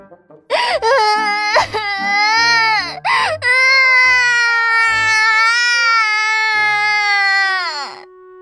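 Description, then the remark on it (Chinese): Several young nurses cry together on command: loud, high-pitched crying wails rise in short bursts and then stretch into one long, sustained sob that trails off at the end, with cries overlapping. “小护士的哭声此起彼伏，效果成倍增加。”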